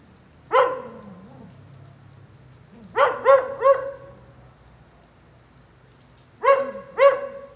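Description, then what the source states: Dog barking, a single bark followed by a quick triple and then a pair, each bark strongly harmonic with a slight downward fall, over a faint rainy background. Lone dog in the rain during a thunderstorm at 9a. Avenida 414, Quezaltenango, Guatemala.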